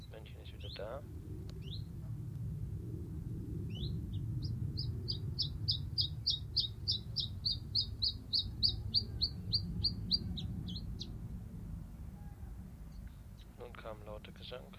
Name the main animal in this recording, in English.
Common Chiffchaff